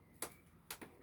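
Bunk safety arms, fitted so children don't fall out, are clipped onto the top of the drop-down bed frame in a Sunlight T69L motorhome. Two sharp clicks sound at 0.2 s and 0.7 s, the second followed by a fainter tap. The arms clip on and seat.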